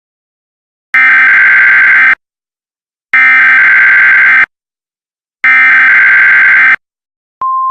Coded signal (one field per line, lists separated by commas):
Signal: Emergency Alert System (SAME) tones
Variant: header bursts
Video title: EAS Scenario #2: Suicide Ghost